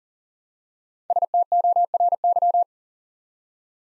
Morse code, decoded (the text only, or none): STORY